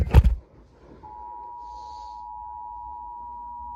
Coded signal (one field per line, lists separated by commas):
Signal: Emergency Alert System (SAME) tones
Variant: 853 and 960 Hz attention tone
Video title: EAS Alerts From 6/24/25 #COWX